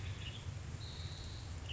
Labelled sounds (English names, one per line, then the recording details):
Western Tanager
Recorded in Sonoma County, California